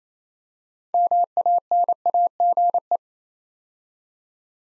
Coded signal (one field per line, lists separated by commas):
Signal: Morse code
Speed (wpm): 27 wpm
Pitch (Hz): 700 Hz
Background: none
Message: MANAGE